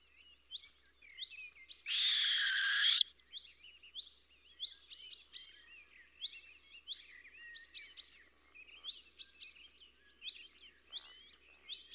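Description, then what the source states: Owl giving a single rasping, hissy screech of about a second early on, among many sharp, high-pitched chirps. Fierce call.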